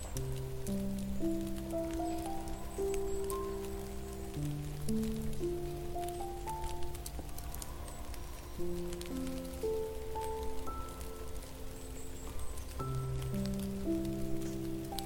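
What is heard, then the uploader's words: Melting snow drips and patters steadily and densely throughout, while soft sustained low tones shift slowly underneath, changing every couple of seconds. Cozy winter ambience for relaxation. Snow falling and melting. Relaxing piano music (playing softly every 2 minutes).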